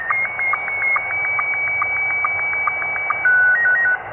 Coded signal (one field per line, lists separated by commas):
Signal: SSTV (slow-scan television)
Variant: Scottie 1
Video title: Christmas pirate radio shortwave